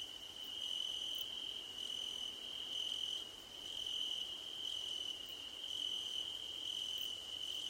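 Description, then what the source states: Cricket chorus, one shrill continuous trill with a second, higher-pitched trill switching on and off in short spells. Crickets chirping at night under a starlit sky; nighttime ambience.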